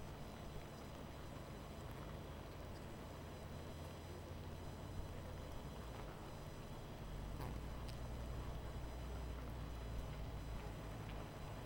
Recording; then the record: honeybee colony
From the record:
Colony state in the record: missing queen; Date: 14 July 2017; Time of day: 20:33